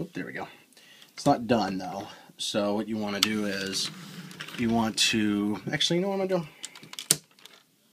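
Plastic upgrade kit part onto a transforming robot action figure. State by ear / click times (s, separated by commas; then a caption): seated / 7.1 s. Someone talks while pushing a plastic add-on part from the Fans Want It 3 Jet Power Upgrade Set (FWI3) onto a Transformers Leader Optimus Prime transforming robot action figure. A few faint plastic ticks lead into a sharp click at 7.1 s as the part seats into place.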